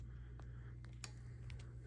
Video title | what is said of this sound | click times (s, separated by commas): Milwaukee Pipeline Inspection Camera Unboxing! 100’ reel | just kind of clicks into place right here | 1.0 s